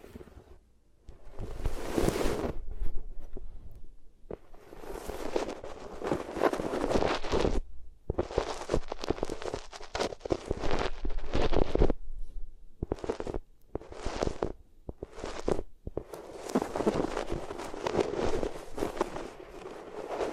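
Rubbing against the ears on different materials produces bursts of scratchy, hissing friction, rough and crackly across the whole range. Strokes come in irregular runs of a second or two, separated by brief silent gaps, with a dull thudding underneath.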